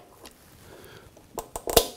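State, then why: Seated. A circlip is pushed over the end of the cast wheel's shaft on a Record Power BS300E, BS350S or BS400 bandsaw, after quiet faint rustling and two sharp metallic ticks at about 1.4 and 1.6 seconds. The loudest bright click at 1.8 seconds is the circlip snapping into the shaft groove, leaving it seated firm.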